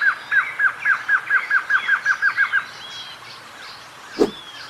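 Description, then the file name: Glossy antshrike singing a series of about thirteen nasal downslurred notes, then quiet with faint birds and a single sharp knock near the end. "Canto do choca dagua"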